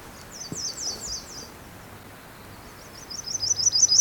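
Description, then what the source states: Myrtle Warbler song, a thin high trill of slurred repeated notes, given twice with a pause between, over a steady background hiss. Singing, heard during a listening stop on a trail walk.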